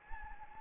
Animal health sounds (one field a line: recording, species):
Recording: mosquito wingbeat signal from an infrared sensor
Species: Anopheles gambiae